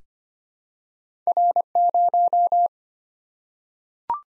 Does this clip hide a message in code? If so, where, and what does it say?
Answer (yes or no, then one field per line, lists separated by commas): yes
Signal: Morse code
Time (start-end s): 1.3-2.7 s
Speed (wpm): 25 wpm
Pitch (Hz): 700 Hz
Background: none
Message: R0